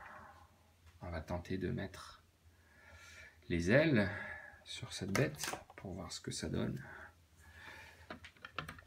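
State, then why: Seated. Plastic wings from a board-game miniature are pressed onto the creature's body while someone talks, and a short run of small plastic clicks and taps comes near the end. The wings clip in at 8.6 s and feel like they hold.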